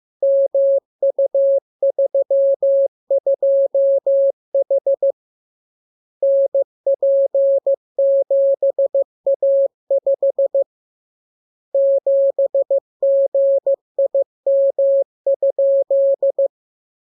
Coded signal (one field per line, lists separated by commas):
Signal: Morse code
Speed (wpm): 15 wpm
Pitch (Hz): 550 Hz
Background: none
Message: MU32H NP7A5 7GIM?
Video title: Learning Morse Code. Lesson 33. Letter KMURESNAPTLWI.JZ=FOY,VG5/Q92H38B?4